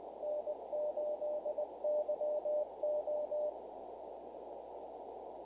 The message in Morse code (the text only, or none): N8YO